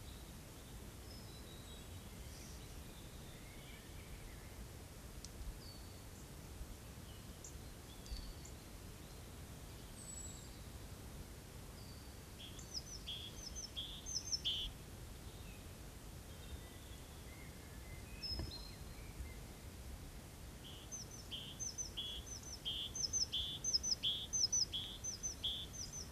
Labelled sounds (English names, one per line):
Great Tit song